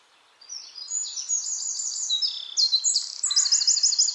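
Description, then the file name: Eurasian wren delivering a rapid, high, twittering song with rattling trills, over a light background hiss. "Troglodytes troglodytes"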